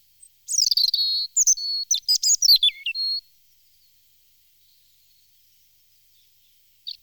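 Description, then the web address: European robin song: a quick three-second phrase of thin, high, tumbling whistles and sweeping trills, then silence and a short note at the end. "chants d'oiseaux Jean C Roche - Rouge-gorge"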